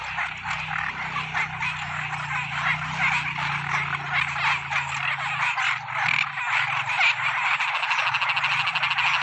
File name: Tieng coc nhai keu vao buoi toi